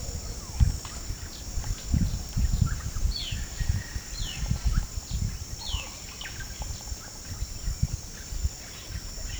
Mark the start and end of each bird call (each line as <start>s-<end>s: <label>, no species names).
3.08s-6.50s: bird call
8.60s-9.40s: bird call